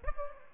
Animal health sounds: mosquito wingbeat signal from an infrared sensor; Aedes albopictus

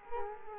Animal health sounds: mosquito wingbeat signal from an infrared sensor; Culex quinquefasciatus

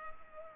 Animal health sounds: mosquito wingbeat signal from an infrared sensor; Culex pipiens

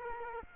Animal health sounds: mosquito wingbeat signal from an infrared sensor; Culex quinquefasciatus

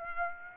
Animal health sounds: mosquito wingbeat signal from an infrared sensor; Aedes aegypti

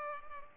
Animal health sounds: mosquito wingbeat signal from an infrared sensor; Culex pipiens

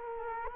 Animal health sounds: mosquito wingbeat signal from an infrared sensor; Culex quinquefasciatus

